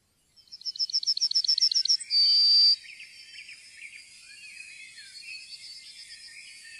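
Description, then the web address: Yellowhammer song, a rapid run of repeated thin high notes followed by one long sustained note, then softer bird calls continue. "fuglelyder gulspurv"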